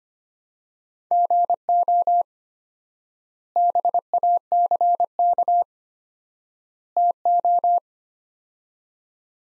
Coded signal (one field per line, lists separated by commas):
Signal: Morse code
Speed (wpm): 25 wpm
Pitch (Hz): 700 Hz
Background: none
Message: GO BACK TO